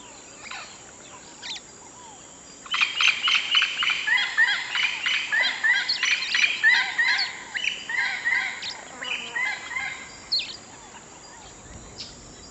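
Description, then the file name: Loud, busy birdsong starts suddenly and runs for several seconds in quick chattering phrases, then fades to soft background chirps. "Natural Sample Makers - Relaxing Birdsong"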